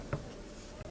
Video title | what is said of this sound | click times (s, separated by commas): What's So Damn Funny 10 22 15 | and it'll click into place | 0.1 s